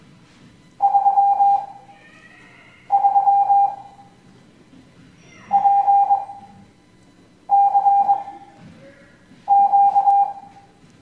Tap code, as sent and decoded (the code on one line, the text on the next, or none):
none